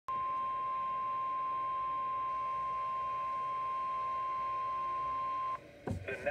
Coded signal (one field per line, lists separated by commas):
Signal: Emergency Alert System (SAME) tones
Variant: 1050 Hz attention tone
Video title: Severe Thunderstorms Warning On WXM42 5/4/21 (EAS #554)